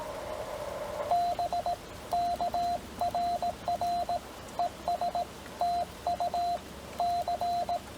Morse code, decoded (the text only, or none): BK RR ES TU C